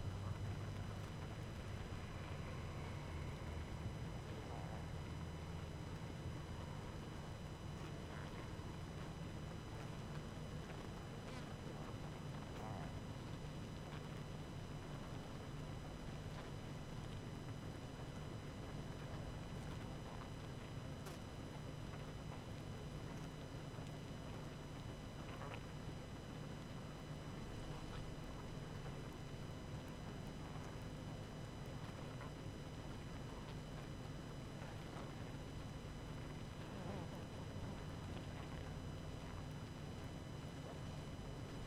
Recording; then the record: honeybee colony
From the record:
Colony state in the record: active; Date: 12 June 2018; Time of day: 19:45